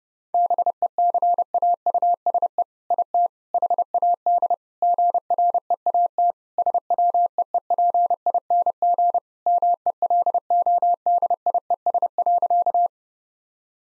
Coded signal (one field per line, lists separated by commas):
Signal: Morse code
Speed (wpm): 30 wpm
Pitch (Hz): 700 Hz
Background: none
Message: BECAUSE IT HAD GREAT SWEEPING MELODIES.